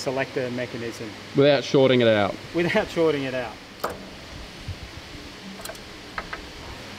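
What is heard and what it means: A mechanic works an energized gear-shift override solenoid into the selector mechanism of a Leopard main battle tank transmission, taking care not to short it out, while someone talks. After the talking, short faint taps and knocks sound near 3.9, 5.7, 6.2 and 6.3 seconds against a low steady background hiss. Nothing has seated or clicked into place yet.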